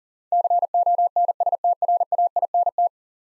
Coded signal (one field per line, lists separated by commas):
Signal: Morse code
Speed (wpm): 40 wpm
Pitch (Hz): 700 Hz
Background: none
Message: CONSTRAINT